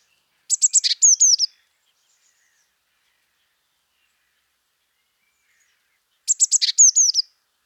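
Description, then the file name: Eurasian blue tit calls: two matching high phrases of rapid notes ending in descending whistles, about six seconds apart, silence between. "Cyanistes caeruleus"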